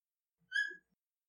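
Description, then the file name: Rough-skinned bug-eyed frog call: a single short whistled note with bright overtones, lasting about a quarter second, otherwise quiet. "Theloderma asperum"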